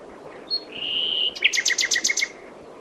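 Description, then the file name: Common nightingale song: a brief high note, a sustained clear whistle, then about seven fast, evenly repeated chopping notes. "Luscinia megarhynchos"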